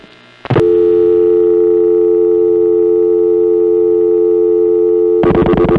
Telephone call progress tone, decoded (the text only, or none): dial tone